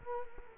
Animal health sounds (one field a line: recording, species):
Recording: mosquito wingbeat signal from an infrared sensor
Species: Culex quinquefasciatus